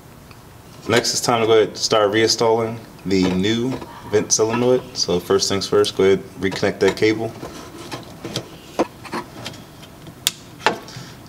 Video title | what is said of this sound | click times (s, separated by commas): EVAP VENT Engine Code P0449 Chevy Impala 2006-2012 | make sure you hear click sound so you know it locked in place next | 10.3 s